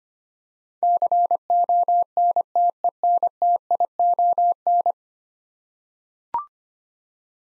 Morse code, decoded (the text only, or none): CONTENTION